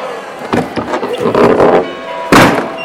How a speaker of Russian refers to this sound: Распахнулась входная дверь.